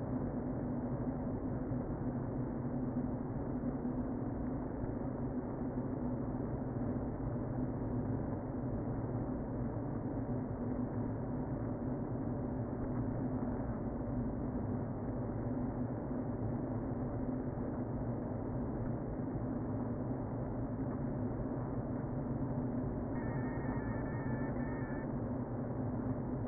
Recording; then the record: honeybee colony, microphone inside the hive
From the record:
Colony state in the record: queen present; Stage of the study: before two queens were removed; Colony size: about 60,000 bees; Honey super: yes